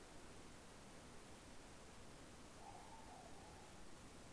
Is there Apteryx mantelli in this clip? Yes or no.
no